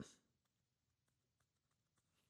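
A small plastic Griot's metering tip is pressed with a little pressure into the siphon inlet of a Maxshine foam cannon, where the mesh filter was popped out with a screwdriver. It does not snap in easily, and a short, faint hit is heard at 0.0 s, followed by quiet. The tip is seated and in place.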